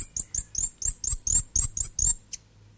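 South Island fantail song: about ten sharp, high chirps in quick regular succession, then one short final note before quiet.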